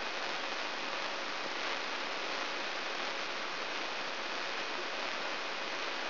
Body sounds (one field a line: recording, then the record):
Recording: brain microelectrode recording played as sound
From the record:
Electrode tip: inside the subthalamic nucleus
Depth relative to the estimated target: -1 mm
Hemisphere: left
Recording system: AlphaMap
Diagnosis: Parkinson's disease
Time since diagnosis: 23 years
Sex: male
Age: 65 years